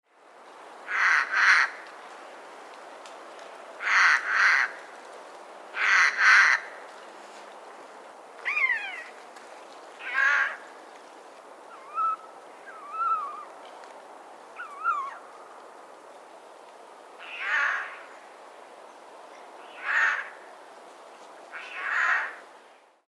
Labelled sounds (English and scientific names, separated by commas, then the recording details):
Eurasian Jay (Garrulus glandarius)
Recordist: Frommolt, Karl-Heinz
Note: Rufe, auch Bussardrufe